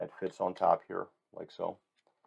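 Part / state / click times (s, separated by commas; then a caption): detachable doll neck onto doll body / not seated / none. A detachable plastic neck piece is fitted onto the top of a doll body while someone talks throughout. A faint, brief tick comes near the end, but the neck has not yet been pushed down, and nothing has seated or snapped into place yet.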